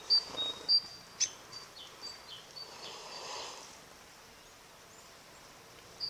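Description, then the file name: Great tit giving two short high-low whistled phrases at the start, then softer chirps and faint bird sounds for the rest. "Parus major"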